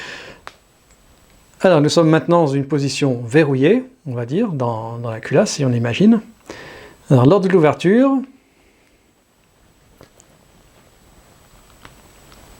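Someone talks while working the steel bolt parts of a Vetterli rifle to show how the bolt opens, with the small locking tab meant to snap into the recess under the lug so the two pieces turn together. After the talking stops, only faint handling noise remains, and nothing has seated or clicked yet.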